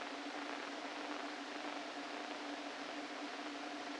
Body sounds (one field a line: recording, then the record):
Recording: brain microelectrode recording played as sound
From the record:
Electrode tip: inside the subthalamic nucleus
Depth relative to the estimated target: -1 mm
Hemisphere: left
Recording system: NeuroSet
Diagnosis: Parkinson's disease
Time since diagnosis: 13 years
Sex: male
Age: 49 years